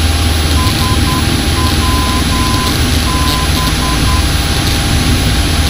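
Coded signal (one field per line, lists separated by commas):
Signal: Morse code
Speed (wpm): 10 wpm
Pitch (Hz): 1020 Hz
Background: none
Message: SWB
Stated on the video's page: Morse ident of the Shawbury VOR heard on an aircraft soundtrack over Welshpool at 3,400 feet, not audible through the headset at the time.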